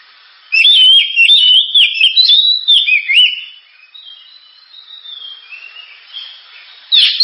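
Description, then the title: Oriental magpie-robin song: a quick run of loud, twisting whistles and chirps, then quieter drawn-out whistles before a sharp final note. Sharp, very loud, energetic song used as a lure to prompt other birds to sing. "Kacer Gacor Suara Tajam. Kacer Gacor Suara Super Kenceng Cocok untuk Pancingan"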